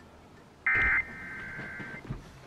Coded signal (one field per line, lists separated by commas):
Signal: Emergency Alert System (SAME) tones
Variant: end-of-message bursts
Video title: How to Start Off the Year 2021? Simple... Tornado Warnings (EAS #2076-2099)